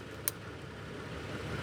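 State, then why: Seated. The hose-end connector of a portable shower is pushed onto the fitting on the main unit and latches with a single short, sharp click at 0.3 s over a steady low background hum. The connector is seated and clicked in, ready for its yellow locking knob to be twisted to lock it in place.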